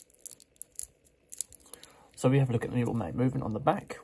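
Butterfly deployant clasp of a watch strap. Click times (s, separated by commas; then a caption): 1.4 s. A polished stainless steel double fold-over butterfly deployant clasp on a watch strap is folded down and snapped shut, with a few small clicks before it closes with a sharp click at 1.4 s. The clasp is then seated, and someone talks from about 2.2 s onward.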